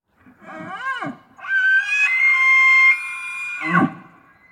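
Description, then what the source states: Elk bugle, a low arching groan, then a long, high, shrill whistle held steady for about two seconds, ending in a rough grunting drop. Male elk bugling.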